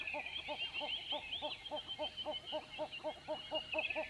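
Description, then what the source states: Hornbill calling a steady rapid series of hollow clucking notes over a dense chorus of high twittering birdsong. Dawn in savannah, Limpopo, South Africa, November 2016, with diffuse birdsong; two Sennheiser MKH8020 microphones in SASS enclosure onto Zoom F8 recorder.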